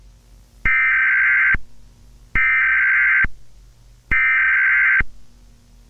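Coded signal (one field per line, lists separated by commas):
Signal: Emergency Alert System (SAME) tones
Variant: header bursts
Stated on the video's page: Fictional EAS scenario with valid EAS tones, a simulated alert.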